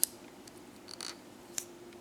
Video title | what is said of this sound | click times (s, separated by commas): Northwoods Everyday Barlow, how did this pass TWO quality control checks??? | snaps into place | 0.0 s